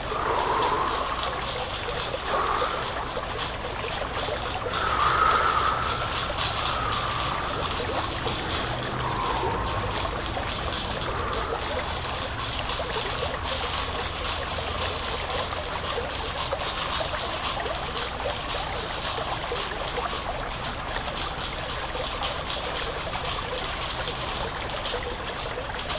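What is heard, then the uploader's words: Steady trickling water fills the clip with dense, bright splashing, while a soft mid-pitched sustained tone hums faintly underneath, swelling briefly near five seconds. Windsong Sound Bath 10305. Strings. Water.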